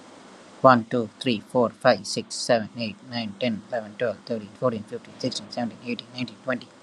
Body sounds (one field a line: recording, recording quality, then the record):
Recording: counting at a fast pace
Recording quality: excellent, no background noise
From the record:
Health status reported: healthy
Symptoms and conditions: none ticked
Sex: male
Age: 25 years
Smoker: not ticked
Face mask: not worn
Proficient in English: yes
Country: India